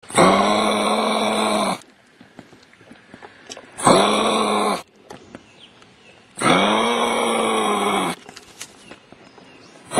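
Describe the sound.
Kangaroo grunting calls: three long, rough, harmonic groans of one to two seconds each, spaced by quiet pauses with faint clicks and rustles, and a fourth just beginning at the end.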